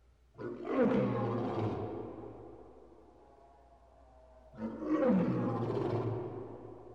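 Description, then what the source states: Big cat roaring: two deep, rasping roars about four seconds apart, each bursting loudly then trailing off slowly. Big cat roaring while in a cage.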